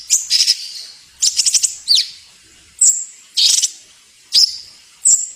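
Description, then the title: Bird calls: rasping chattering bursts alternating with brief sharp whistled notes, given at uneven intervals. Masteran recording, a tutor track played to teach songbirds. "Suara masteran Burung"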